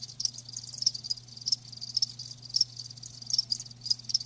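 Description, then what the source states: Crickets chirping in bright, high pulses over a low constant hum. Live crickets chirping, presented as a lulling sleep sound.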